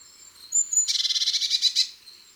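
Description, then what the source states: Eurasian blue tit giving a thin high note, then a rapid churr of many buzzy pulses lasting about a second. Garden bird; the blue tit's well-known tserrededet call, replayed for comparison with the great tit's call.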